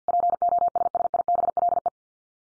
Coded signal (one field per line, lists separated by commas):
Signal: Morse code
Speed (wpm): 50 wpm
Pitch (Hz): 700 Hz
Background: none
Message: POSSIBLE